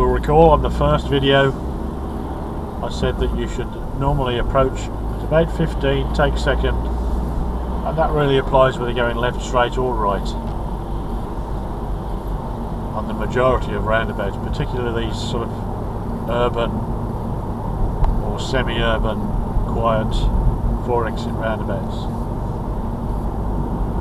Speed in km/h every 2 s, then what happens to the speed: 26, 31, 32, 37, 39, 39, 39, 40, 40, 40, 40, 39.
0-7 speeds up to 39. 7-24 steady at about 39.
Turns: none.